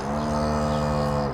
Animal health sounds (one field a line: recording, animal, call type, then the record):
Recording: contact call of a hoofed animal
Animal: cattle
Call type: low-frequency (closed-mouth) or high-frequency (open-mouth) call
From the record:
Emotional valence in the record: positive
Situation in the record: visual reunion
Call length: 1.34 s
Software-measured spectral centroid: 1900 Hz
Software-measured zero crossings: 1410 a second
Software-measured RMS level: -24 dBFS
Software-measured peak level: -11 dBFS